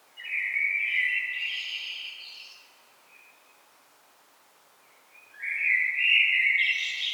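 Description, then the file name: Common blackbird song with two fluted warbling phrases separated by a silent pause of about two and a half seconds, the second ending in a high squeaky flourish. "Turdus merula"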